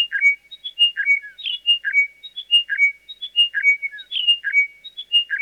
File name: chiming wedgebill